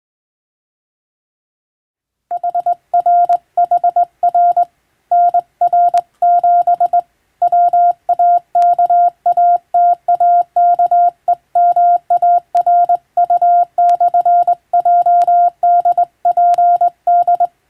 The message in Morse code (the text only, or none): HRHR NR7 WAKATAKEMARU/JDPD